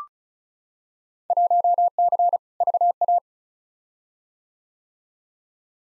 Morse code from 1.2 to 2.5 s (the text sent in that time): 1C